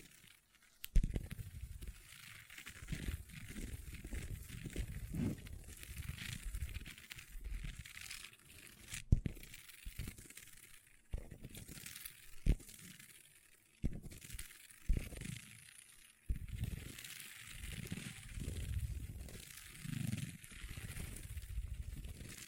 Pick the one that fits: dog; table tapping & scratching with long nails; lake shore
table tapping & scratching with long nails